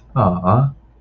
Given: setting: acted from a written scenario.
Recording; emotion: vocal sound without words; adoration